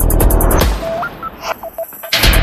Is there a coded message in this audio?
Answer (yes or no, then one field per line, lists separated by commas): no